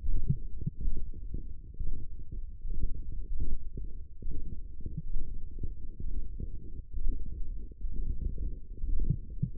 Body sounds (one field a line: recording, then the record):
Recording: forearm muscle sounds (acoustic myography)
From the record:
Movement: radial deviation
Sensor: system 1, eight BSWA MPA416 microphones around the upper forearm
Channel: 3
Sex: male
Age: 23 years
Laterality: right